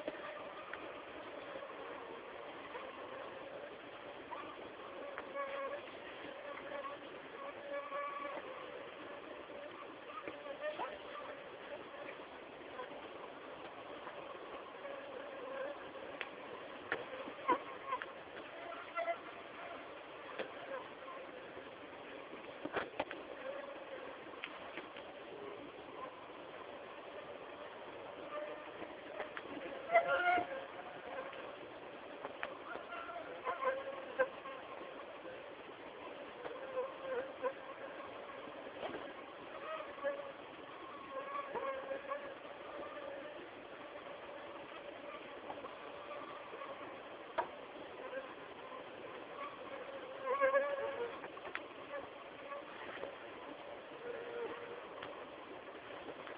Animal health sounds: mosquito flight sound by mobile phone; Anopheles gambiae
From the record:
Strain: Kisumu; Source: CDC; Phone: Samsung T209

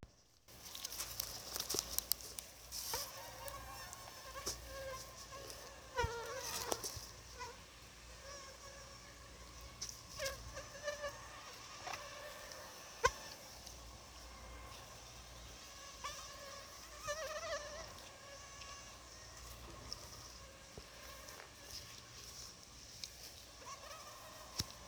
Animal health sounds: mosquito flight sound by mobile phone; Anopheles gambiae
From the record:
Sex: female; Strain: RSP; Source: CDC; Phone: Sony Xperia

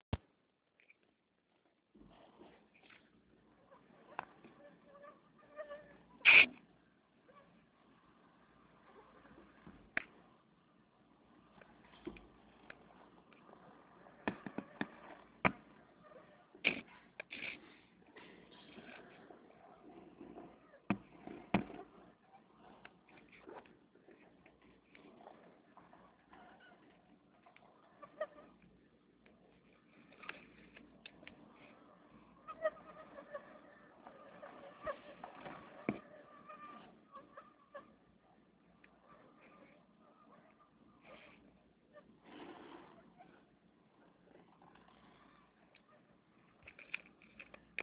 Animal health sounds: mosquito flight sound by mobile phone; Anopheles gambiae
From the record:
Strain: Kisumu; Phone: Nokia 6555B

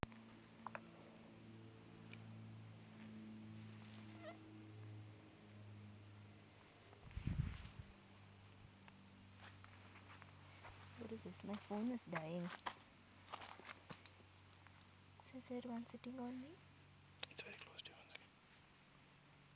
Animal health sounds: mosquito flight sound by mobile phone; Aedes sierrensis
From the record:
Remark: free flight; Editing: field recording with all noises

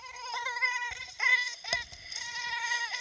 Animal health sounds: mosquito flight sound by mobile phone; Aedes sierrensis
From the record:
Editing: cut to the mosquito's sound

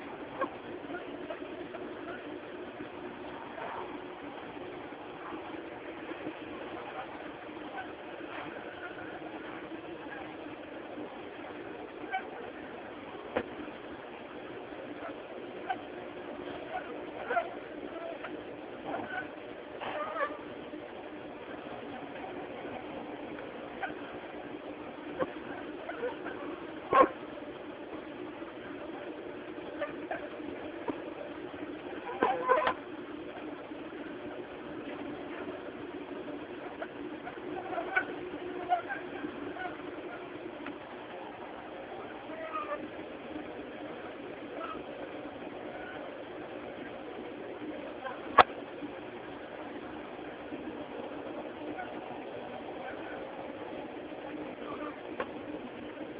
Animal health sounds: mosquito flight sound by mobile phone; Aedes aegypti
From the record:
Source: UCD LA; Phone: Samsung T209

